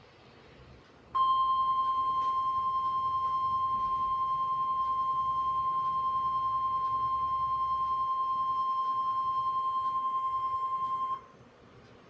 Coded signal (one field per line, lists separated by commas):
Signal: Emergency Alert System (SAME) tones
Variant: 1050 Hz attention tone